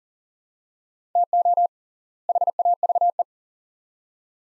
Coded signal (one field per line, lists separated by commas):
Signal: Morse code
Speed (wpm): 40 wpm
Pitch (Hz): 700 Hz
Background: none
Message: TO HAVE